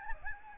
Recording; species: mosquito wingbeat signal from an infrared sensor; Aedes albopictus